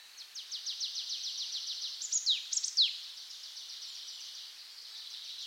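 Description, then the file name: Marsh tit calls: a steady fast rattle of high notes, interrupted by two sharp descending calls, then the rattle continues more softly. "Poecile palustris"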